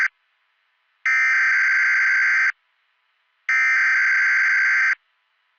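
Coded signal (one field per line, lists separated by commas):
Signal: Emergency Alert System (SAME) tones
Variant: header bursts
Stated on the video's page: Fictional EAS scenario, not a real alert.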